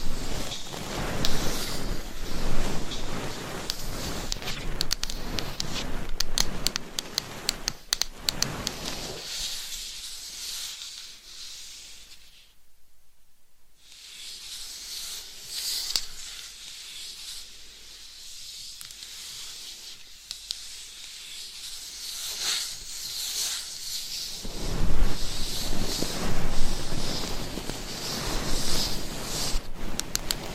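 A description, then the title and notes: Crackly scratching and brushing against a microphone, dense and busy for the first nine seconds and again after about twenty-five seconds. In between, the rubbing turns softer and thinner, dropping almost to silence around thirteen seconds, with occasional light taps and hissy strokes. Binaural Mic Scratching , Massage ,Tapping & Brushing. No Talking.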